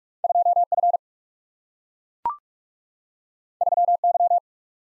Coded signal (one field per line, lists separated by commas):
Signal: Morse code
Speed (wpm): 44 wpm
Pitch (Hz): 700 Hz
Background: none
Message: 2F 3Y